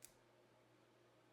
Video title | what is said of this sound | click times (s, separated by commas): How to Replace the Battery on a Mazda Key Fob & Disassembly | the key can now be clipped back into the back side | 0.0 s